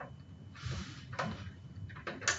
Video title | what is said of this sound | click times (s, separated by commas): Team NYC SD WAN Portal demo | it's now physically in. You heard the click. | 2.3 s